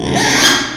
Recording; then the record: squeal of a Yucatan mini pig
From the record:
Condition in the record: after surgery on the right vocal fold (resection and tissue-engineered implant); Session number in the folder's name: 3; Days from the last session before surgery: 33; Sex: male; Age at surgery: 12 weeks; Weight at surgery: 13 kg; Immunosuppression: cyclosporine, prednisolone